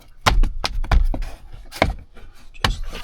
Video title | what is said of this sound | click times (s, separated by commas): 2025 Honda Ridgeline Auto Start/Stop Disable Install (Different Setup) | then we just snap this back in place. | 0.9 s, 2.7 s